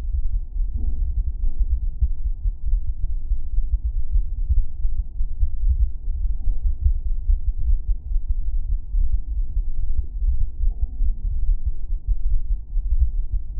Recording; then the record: fetal heart sounds by stethoscope on the mother's abdomen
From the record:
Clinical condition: thrombocytopenia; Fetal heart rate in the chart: 135 bpm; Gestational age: 35 weeks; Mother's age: 24 years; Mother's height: 153 cm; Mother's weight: 62 kg